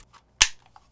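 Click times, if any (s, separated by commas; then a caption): 0.4 s. A plastic phone clip is hooked onto the top of a Moga XP5-X Plus game controller and pressed down at the bottom until it locks in place. A single loud, sharp snap rings out at 0.4 s and fades quickly, followed by a few faint ticks. The clip is seated and locked onto the controller.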